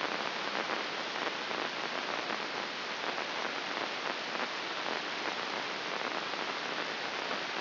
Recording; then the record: brain microelectrode recording played as sound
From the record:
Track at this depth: inside the subthalamic nucleus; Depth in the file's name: 3.824 mm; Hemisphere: left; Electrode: 2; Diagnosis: Parkinson's disease